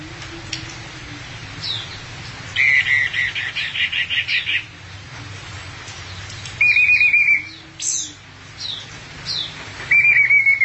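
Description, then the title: Thrush song mixing a rapid rattling trill with buzzy sustained phrases and scattered high chirps. "burung anis x"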